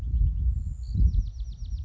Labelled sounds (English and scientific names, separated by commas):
Bewick's Wren (Thryomanes bewickii)